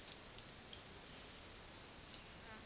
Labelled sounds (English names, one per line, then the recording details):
none
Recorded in dense forest near Puerto Asís, Putumayo, Colombia, on 21 February 2024 at 09:30
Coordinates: 0.466, -76.327
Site G6413